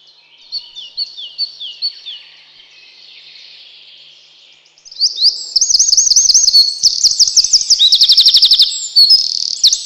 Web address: relax birds крапивник